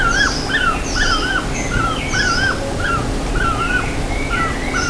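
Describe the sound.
Bird calls, wavering whistled notes repeated quickly, with fainter higher chirps over them and steady low background noise.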